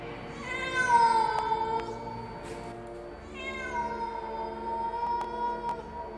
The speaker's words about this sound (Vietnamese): Rồi có nghe tiếng mèo kêu lên man dở.